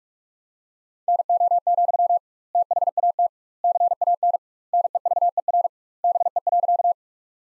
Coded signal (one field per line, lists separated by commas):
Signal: Morse code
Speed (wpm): 46 wpm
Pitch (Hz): 700 Hz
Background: none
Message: NO, THAT CAN NEVER BE.